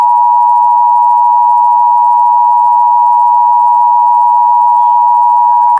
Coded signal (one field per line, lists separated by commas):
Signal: Emergency Alert System (SAME) tones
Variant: 853 and 960 Hz attention tone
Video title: 4 Pennsylvania EAS Required Monthly Tests (10/18/18) (EAS #2-5)